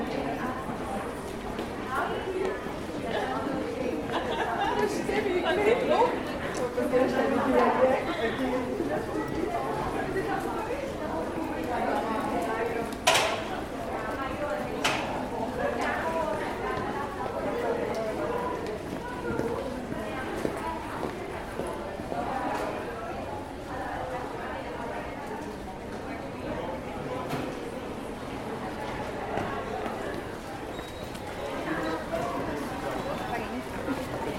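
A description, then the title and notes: A crowd moves through a narrow underground passage at rush hour, with many voices overlapping into a steady murmur. Hard footsteps clatter throughout, and a sharp knock or clack rings out around the 13-second mark. Berri-UQAM. Standing In A Narrow Passage At Rush Hour. In the middle of rush hour, I find myself navigating a tunnel to get from the metro to the outside. It’s a relatively narrow transition place connected to a university.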